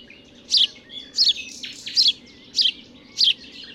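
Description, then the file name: House sparrow calls, five emphatic chirps spaced about two-thirds of a second apart, over a steady low hum. "Passer domesticus"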